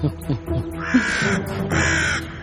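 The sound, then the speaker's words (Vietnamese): Two long, harsh crow caws ring out in succession, each a raspy, drawn-out call, with some low murmuring and background noise at the start. “Ê, hình như con chim nó tới rồi.”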